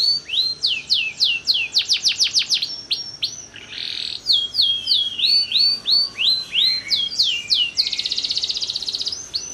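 Bird song of rapid, sharply falling whistled notes in quick series, broken by a harsh buzzy burst and a dense trill near the end.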